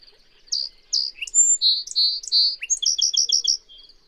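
Bird song: loud high whistles and chips in an irregular opening, followed by a brisk trill of identical rapid notes, then silence.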